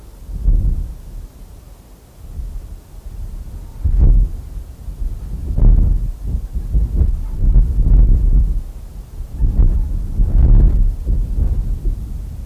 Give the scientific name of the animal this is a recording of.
Vulpes lagopus